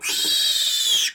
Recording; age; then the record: pig call; piglet (1 to 25 days)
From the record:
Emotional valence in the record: negative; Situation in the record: castration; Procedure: castration, shear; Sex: male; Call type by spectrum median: high-frequency call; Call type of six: high-frequency modulated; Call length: 1.15 s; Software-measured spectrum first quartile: 3508 Hz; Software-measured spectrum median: 4426 Hz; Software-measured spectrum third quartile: 6783 Hz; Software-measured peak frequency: 3844 Hz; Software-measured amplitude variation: 109 dB a second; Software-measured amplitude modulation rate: 24.0 a second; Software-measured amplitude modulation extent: 4.6 dB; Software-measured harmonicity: 4.5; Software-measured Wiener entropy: -2.46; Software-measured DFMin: 698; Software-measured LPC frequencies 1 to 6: 1715, 2590, 3311, 3819, 4605, 5451 Hz